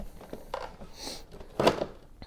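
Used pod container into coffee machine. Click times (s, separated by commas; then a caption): 1.6 s, 1.7 s. The magnetic used-pod container of a Nespresso VertuoPlus coffee machine is slid back into the machine body. Soft handling sounds lead up to a sharp click at 1.6 s and a second at 1.7 s as it seats in place. Someone talks.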